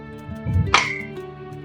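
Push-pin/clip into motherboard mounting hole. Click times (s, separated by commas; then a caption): 0.8 s. A push-pin clip is pressed into a motherboard mounting hole. A low rumble of pressing comes first, then one sharp click at 0.75 s. The clip is locked in place.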